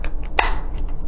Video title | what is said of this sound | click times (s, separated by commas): Orico and Sabrent Hard Drive Enclosures | and you kind of hear that click and i believe you just go straight up and that opens it up | 0.4 s